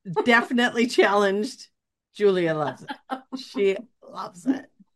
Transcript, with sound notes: Definitely challenged. Julia loves it.
(laughs)
She loves it.